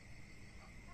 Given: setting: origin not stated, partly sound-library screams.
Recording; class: one-second piece from a danger detection set; normal situation